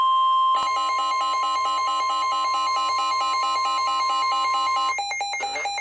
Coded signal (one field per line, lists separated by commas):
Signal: Emergency Alert System (SAME) tones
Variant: 1050 Hz attention tone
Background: music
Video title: EAS #88 (SVR)